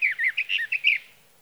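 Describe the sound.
Sage thrasher song fragment, a quick run of several short slurred warbling notes, then the phrase ends.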